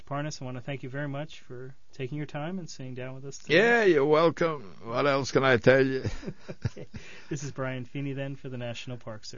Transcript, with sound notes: Parnes, I want to thank you very much for taking your time and sitting down with us.
Yeah, you're welcome. What else can I tell you? ( he laughs )
This is Brian Feeney, then, for the National Park Service.